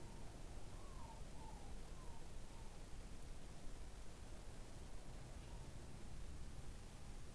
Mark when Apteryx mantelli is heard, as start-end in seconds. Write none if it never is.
none